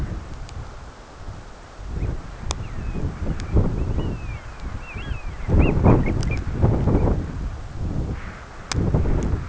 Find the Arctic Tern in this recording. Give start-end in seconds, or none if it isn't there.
1.92-2.16, 2.56-6.42, 6.84-7.14